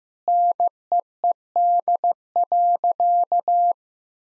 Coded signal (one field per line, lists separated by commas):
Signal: Morse code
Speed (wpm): 15 wpm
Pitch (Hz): 700 Hz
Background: none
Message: NEED.